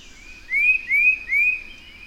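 Bird song: three clear upslurred whistles in quick succession, each rising then leveling off.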